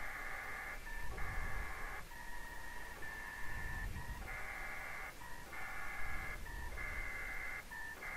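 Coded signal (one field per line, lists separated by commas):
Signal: HF data modem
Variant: PACTOR-III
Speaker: there's some big data coming through now that list might have some data in it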